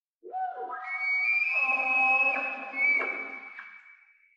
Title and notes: Roosevelt Elk - bugling male in forest glade